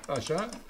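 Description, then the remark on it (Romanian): A quick series of crisp, evenly spaced ratcheting clicks as a small key winds a jewelled clockwork mechanical nightingale. The clicks tick along under a voice that hums or murmurs with a wavering pitch. “Ia, întoarce cheița, mare sfetnic.”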